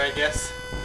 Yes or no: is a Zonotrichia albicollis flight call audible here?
no